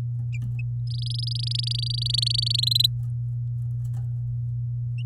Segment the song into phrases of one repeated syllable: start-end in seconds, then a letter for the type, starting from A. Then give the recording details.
0.87-2.56 A, 2.58-2.86 B. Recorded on 11 May 2018 at 08:16. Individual llb16